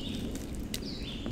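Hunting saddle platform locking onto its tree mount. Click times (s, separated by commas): 0.7 s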